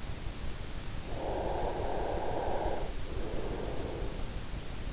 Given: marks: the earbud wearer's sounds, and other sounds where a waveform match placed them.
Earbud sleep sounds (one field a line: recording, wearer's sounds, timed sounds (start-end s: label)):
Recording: sounds in sleep by an in-ear microphone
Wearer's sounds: breath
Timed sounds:
1.01-4.46 s: breath